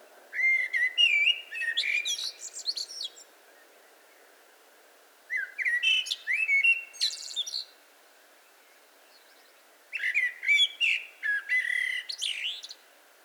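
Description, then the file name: Eurasian blackbird singing three separate phrases about every five seconds, each of mellow, warbled whistles ending in thin, scratchy high twitters, with quiet pauses between. "Turdus merula"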